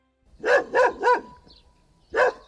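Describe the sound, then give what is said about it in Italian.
A dog barks three times in quick succession, pauses briefly, then lets out one more bark, outside a wood-chip plant in Cossato, against a quiet outdoor background with a faint low rumble. “Unico rumore esterno è infatti questo abbaiare di un cane”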